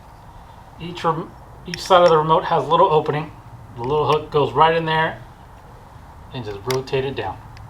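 Someone talks while the hook of a plastic side trim piece is set into its opening on a Maserati key fob body during a battery job, and the piece is rotated down. A faint sharp tick sounds near the end, but nothing has seated or snapped into place yet.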